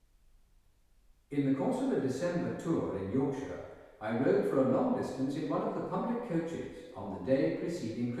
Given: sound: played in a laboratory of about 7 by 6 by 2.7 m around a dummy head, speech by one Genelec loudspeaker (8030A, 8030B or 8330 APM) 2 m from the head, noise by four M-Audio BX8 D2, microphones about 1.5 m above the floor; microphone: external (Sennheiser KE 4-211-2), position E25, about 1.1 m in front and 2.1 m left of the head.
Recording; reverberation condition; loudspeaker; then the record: male speech in English; high; 150 degrees to the right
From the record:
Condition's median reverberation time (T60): about 1300 ms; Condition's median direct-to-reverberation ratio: about -4.0 dB